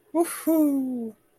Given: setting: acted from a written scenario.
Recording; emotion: vocal sound without words; triumph